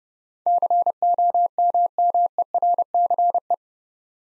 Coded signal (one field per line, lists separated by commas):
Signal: Morse code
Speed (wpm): 30 wpm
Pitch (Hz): 700 Hz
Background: none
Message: COMMERCE